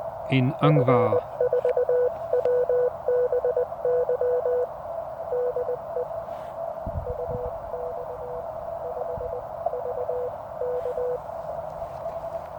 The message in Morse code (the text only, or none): F4WBY DE UX5VK